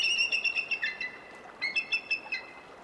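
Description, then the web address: Bald Eagle giving shrill, high chirping notes in two quick stuttering series separated by a short pause. "Birdnote. Bald Eagles Daredevil Cartwheel Flight"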